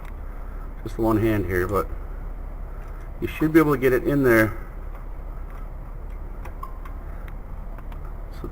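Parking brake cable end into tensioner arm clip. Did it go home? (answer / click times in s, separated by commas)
yes / 6.6 s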